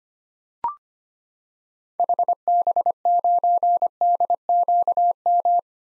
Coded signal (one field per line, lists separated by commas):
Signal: Morse code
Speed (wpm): 25 wpm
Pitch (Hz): 700 Hz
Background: none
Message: HB9DQM